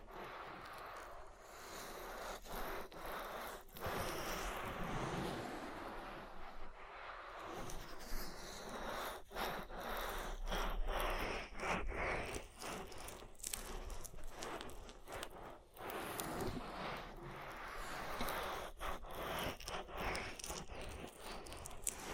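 An oil ear massage: dense, slick rubbing and squishing with a steady wash of scraping and crackling texture that rises and falls continuously. Frequent sharp clicks and pops punctuate it throughout, with a brief quieter dip near sixteen seconds.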